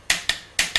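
A click-type torque wrench set to 45 ft-lb re-checks a connecting rod cap bolt on a 350 small-block Chevy engine during piston installation. The wrench gives a sharp click at 0.1 s, followed by further sharp clicks at about 0.3, 0.6 and 0.8 s. The click confirms the bolt has reached its 45 ft-lb torque.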